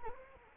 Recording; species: mosquito wingbeat signal from an infrared sensor; Anopheles arabiensis